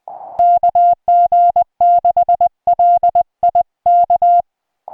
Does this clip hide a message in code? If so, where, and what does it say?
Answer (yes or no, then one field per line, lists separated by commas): yes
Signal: Morse code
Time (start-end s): 0.4-4.4 s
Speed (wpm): 20 wpm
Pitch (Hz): 690 Hz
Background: music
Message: KG6LI K